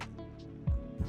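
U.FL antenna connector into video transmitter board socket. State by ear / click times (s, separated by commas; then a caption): not seated / none. A tiny U.FL coax antenna plug is handled at its socket on an FPV video transmitter board, with music playing in the background throughout. Soft low thumps of handling are heard around 0.7 s and 1.0 s, and the clip ends before the connector is pressed home, so nothing has seated or clicked yet.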